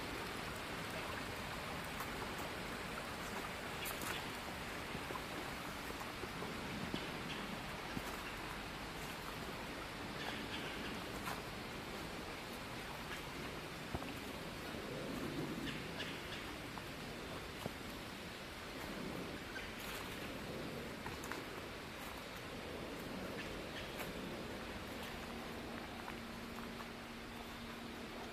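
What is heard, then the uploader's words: Fall nature walk: a steady, dense rain-like hiss with scattered sharp crackles throughout, and a low steady hum entering near the end. Nature Walkabout in Fall.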